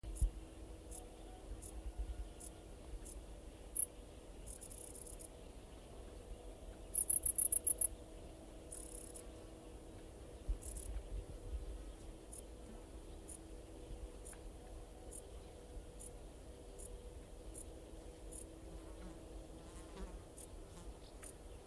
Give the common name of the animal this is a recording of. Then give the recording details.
Dark Bush-cricket. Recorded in the wild. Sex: male. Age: imago. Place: Strausberg, Barnim, Brandenburg, DE. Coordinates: 52.5375, 13.8989. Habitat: meadow. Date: 1989-08-13 18:29. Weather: sonnig, 22°C in Sonne. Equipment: Riporter 6 RG-K, Halbspur, Sennheiser MKH 416 T. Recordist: Frommolt, Karl-Heinz